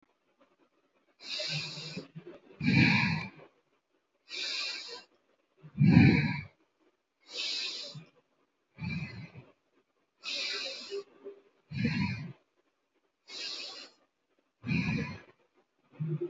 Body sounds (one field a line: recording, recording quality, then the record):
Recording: deep breathing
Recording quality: excellent, no background noise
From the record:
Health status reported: healthy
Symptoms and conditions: none ticked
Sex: female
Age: 28 years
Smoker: not ticked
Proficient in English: yes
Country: India